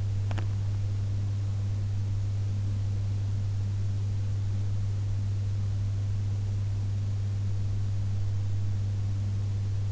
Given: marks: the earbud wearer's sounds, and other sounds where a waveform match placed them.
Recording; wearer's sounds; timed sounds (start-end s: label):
sounds in sleep by an in-ear microphone; teeth grinding
0.00-0.62 s: teeth grinding